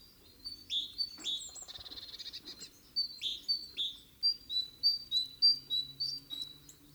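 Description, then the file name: Great tit with quick high chirps and downward notes, interrupted briefly by a buzzy chattering call, then steady repeated high notes. "Parus major"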